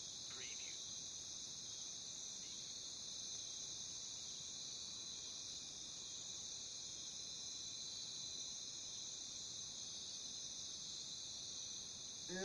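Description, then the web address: Crickets chirring in a dense, unbroken high-pitched chorus that holds steady throughout. Crickets recorded in a jungle. "the sound pack tree. jungle crickets"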